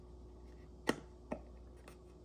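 A snap closure on a craft supply case is pressed again to shut it, giving a sharp tap at 0.9 s, a quieter one at 1.3 s, and a faint one near 1.9 s over a low steady hum. The closure still won't close, and nothing has snapped shut.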